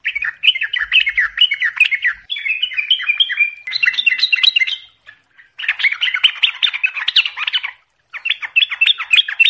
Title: Pancingan Subuh Siang Sore Malam Untuk TRUCUKAN Agar Cepat Gacor Dan Ropel